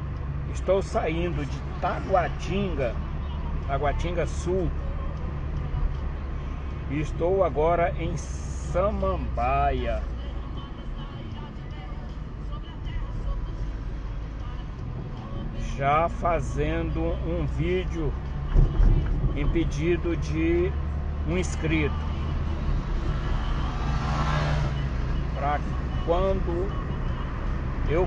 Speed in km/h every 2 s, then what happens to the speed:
39, 40, 40, 38, 35, 30, 30, 34, 37, 41, 44, 46, 49, 49.
4-12 slows to 30. 12-23 speeds up to 49.